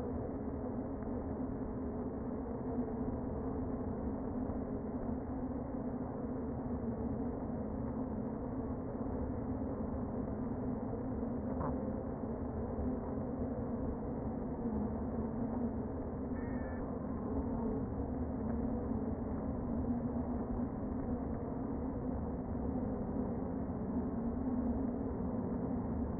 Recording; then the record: honeybee colony, microphone inside the hive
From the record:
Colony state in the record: queen present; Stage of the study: before two queens were removed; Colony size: about 60,000 bees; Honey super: yes